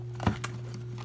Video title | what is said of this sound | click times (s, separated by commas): How to charge a LiPo with Keenstone CR X1 balance charger | takes a little bit of finessing but ya hear a click eventually and | 0.4 s